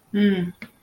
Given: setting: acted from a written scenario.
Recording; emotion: vocal sound without words; neutral